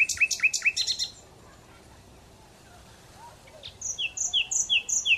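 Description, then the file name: Common Nightingale song: a brisk series of repeated rising notes, a quiet pause, then evenly spaced whistled notes paired high and low. "Luscinia megarhynchos"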